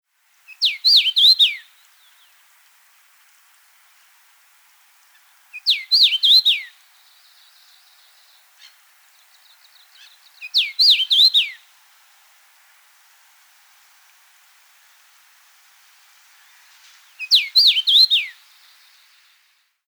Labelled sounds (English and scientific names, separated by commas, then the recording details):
Common Rosefinch (Carpodacus erythrinus)
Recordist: Frommolt, Karl-Heinz
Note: Gesang